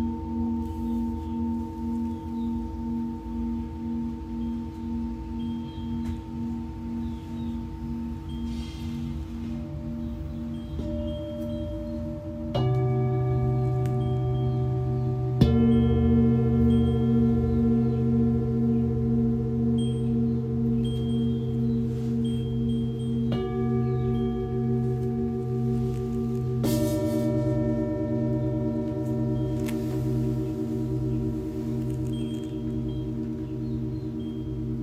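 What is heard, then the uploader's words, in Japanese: Singing bowls ring in a slow, layered sound-healing session, their long tones overlapping and humming with a gentle wobble. New strikes land around 12, 15, 23 and 27 seconds, each adding a brighter ringing layer above a steady low drone. The sound stays sustained throughout. 真夜中の シンギングボウルのサウンドヒーリング ライブ。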